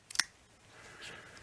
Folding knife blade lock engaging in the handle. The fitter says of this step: a little more solid when you hear it click